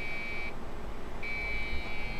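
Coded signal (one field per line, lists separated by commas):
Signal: beep code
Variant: Dell BIOS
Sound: two steady high-pitched beeps separated by a short pause, the second running on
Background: low background hum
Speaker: Took out the RAM, reseated the RAM many times, and it's not wanting to start. It's just giving the beep error.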